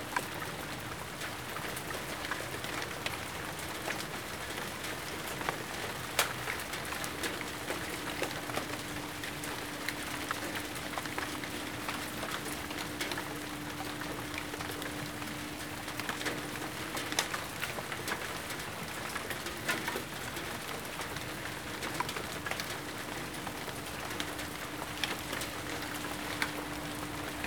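Rain falls steadily in a back yard, a dense, even patter with frequent sharper drip clicks scattered throughout. A low steady hum runs underneath for most of the clip, and a few brighter taps stand out around six, seventeen and twenty seconds.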